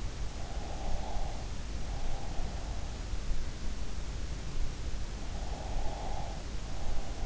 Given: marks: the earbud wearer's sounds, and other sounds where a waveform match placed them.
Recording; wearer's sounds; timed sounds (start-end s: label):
sounds in sleep by an in-ear microphone; breath
0.41-2.49 s: breath
5.41-7.26 s: breath